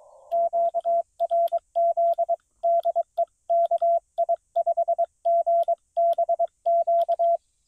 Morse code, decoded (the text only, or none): QRZ DE KI5GBQ